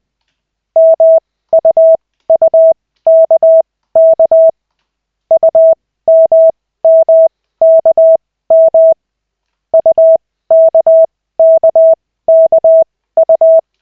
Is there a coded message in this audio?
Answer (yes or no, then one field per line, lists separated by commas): yes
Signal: Morse code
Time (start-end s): 0.8-13.6 s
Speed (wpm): 20 wpm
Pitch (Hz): 650 Hz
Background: none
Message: MUUKK UMMKM UKKKU